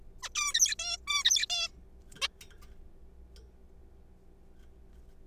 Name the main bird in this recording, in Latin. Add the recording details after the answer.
Taeniopygia guttata. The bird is a juvenile. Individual R3428